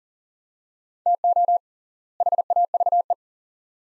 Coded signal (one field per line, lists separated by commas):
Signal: Morse code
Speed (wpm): 40 wpm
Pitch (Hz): 700 Hz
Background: none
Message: TO HAVE